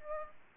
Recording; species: mosquito wingbeat signal from an infrared sensor; Aedes aegypti